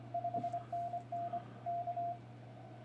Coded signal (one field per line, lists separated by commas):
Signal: Morse code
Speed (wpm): 24 wpm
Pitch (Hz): 690 Hz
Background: radio noise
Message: 5NN K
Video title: how I work cw Morse code